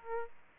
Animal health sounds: mosquito wingbeat signal from an infrared sensor; Aedes aegypti

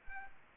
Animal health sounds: mosquito wingbeat signal from an infrared sensor; Aedes aegypti

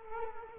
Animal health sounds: mosquito wingbeat signal from an infrared sensor; Culex quinquefasciatus

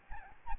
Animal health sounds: mosquito wingbeat signal from an infrared sensor; Aedes albopictus

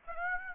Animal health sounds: mosquito wingbeat signal from an infrared sensor; Aedes aegypti

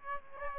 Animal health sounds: mosquito wingbeat signal from an infrared sensor; Aedes albopictus

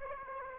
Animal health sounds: mosquito wingbeat signal from an infrared sensor; Aedes aegypti

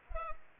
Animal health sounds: mosquito wingbeat signal from an infrared sensor; Culex pipiens

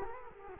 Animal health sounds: mosquito wingbeat signal from an infrared sensor; Culex quinquefasciatus

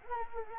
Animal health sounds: mosquito wingbeat signal from an infrared sensor; Anopheles gambiae

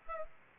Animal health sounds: mosquito wingbeat signal from an infrared sensor; Aedes aegypti

